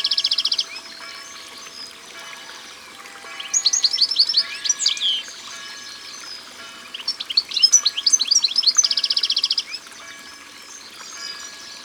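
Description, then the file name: European goldfinch song opening with a dry buzzy trill, then lively tinkling twitters and another buzzy trill. Recorded by the water. "Chardonneret elegant Au bord de leau"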